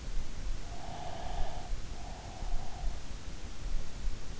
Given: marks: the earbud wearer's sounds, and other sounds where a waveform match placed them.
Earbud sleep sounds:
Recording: sounds in sleep by an in-ear microphone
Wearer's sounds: breath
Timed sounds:
0.70-3.09 s: breath

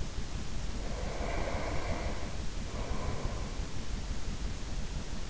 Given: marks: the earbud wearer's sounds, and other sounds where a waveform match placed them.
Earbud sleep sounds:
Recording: sounds in sleep by an in-ear microphone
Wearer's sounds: breath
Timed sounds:
0.87-3.64 s: breath

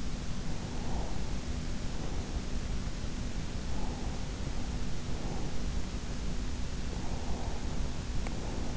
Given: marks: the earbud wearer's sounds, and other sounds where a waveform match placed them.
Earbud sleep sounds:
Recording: sounds in sleep by an in-ear microphone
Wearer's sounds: breath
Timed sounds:
0.60-2.52 s: breath
3.72-5.71 s: breath
6.92-8.77 s: breath

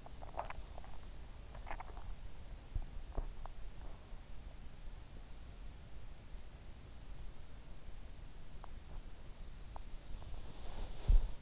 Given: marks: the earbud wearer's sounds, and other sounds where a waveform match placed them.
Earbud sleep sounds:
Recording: sounds in sleep by an in-ear microphone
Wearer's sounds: swallowing, body movement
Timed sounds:
0.00-2.15 s: swallowing
10.00-11.42 s: body movement

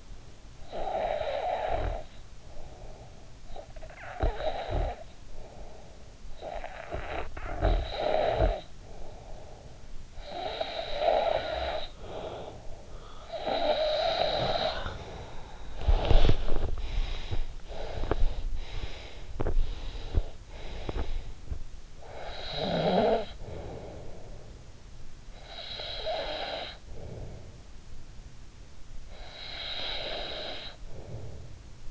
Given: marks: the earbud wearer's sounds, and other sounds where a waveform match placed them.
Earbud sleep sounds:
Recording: sounds in sleep by an in-ear microphone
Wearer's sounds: snoring breath, body movement, teeth grinding, breath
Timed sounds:
0.19-3.16 s: snoring breath
3.68-17.54 s: snoring breath
15.77-17.14 s: body movement
17.53-21.91 s: teeth grinding
17.54-21.66 s: breath
21.91-24.83 s: snoring breath
25.29-28.20 s: snoring breath
28.80-31.89 s: snoring breath

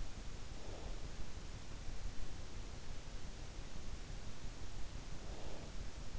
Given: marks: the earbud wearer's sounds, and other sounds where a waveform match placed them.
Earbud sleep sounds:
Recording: sounds in sleep by an in-ear microphone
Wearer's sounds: breath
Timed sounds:
0.16-1.28 s: breath
4.93-6.18 s: breath

